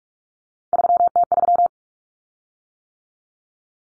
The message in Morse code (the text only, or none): 3T3